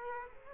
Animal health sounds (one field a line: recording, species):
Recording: mosquito wingbeat signal from an infrared sensor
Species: Aedes aegypti